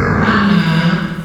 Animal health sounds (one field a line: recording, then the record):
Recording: squeal of a Yucatan mini pig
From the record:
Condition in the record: after surgery on the right vocal fold (resection and tissue-engineered implant)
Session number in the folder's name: 15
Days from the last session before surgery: 175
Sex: female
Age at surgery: 19 weeks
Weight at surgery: 25 kg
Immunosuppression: prednisolone